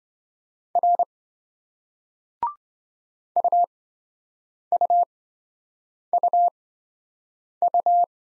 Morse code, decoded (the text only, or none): R UUUU